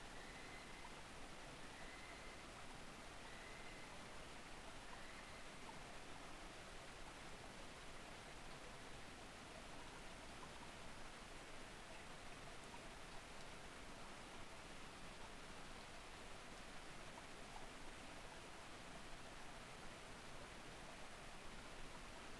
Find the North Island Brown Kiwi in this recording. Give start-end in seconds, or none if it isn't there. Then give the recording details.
0.00-5.96. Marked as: faintness 3/5. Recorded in New Zealand on 7 November 2014. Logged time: 22:14. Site CJ68